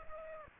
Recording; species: mosquito wingbeat signal from an infrared sensor; Culex pipiens